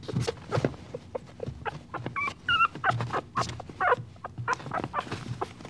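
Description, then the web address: Dog: puppy whimpering, a few thin, wavering whines among clicks and rustling. "dog puppy whining animal"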